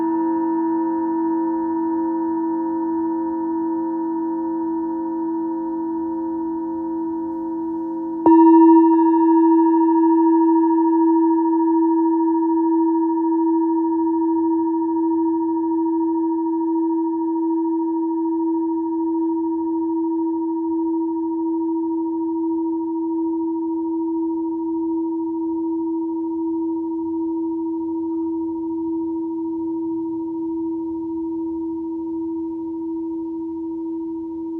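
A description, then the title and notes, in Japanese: A singing bowl rings with a steady, pure low tone and a fainter higher overtone that hang for the whole stretch. Around eight seconds it is struck again, a brief bright attack that renews the ring, which then fades very slowly toward the end. メキシコから シンギングボウルのサウンドヒーリング。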